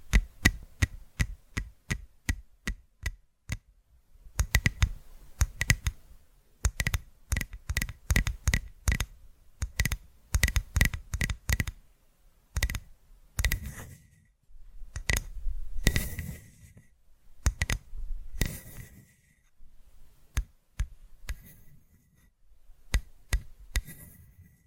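Crisp tapping in quick, regular runs, then denser clustered bursts with soft rustling between, fading to sparse scattered taps near the end.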